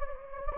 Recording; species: mosquito wingbeat signal from an infrared sensor; Anopheles gambiae